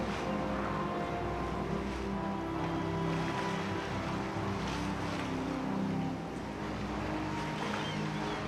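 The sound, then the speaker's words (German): A steady, loud wash of open-sea waves rolls on without pause, layered over a low droning rumble like a ship's engine, with occasional surging swells and no voices. “Das freie Meer! Wir haben das freie Meer!”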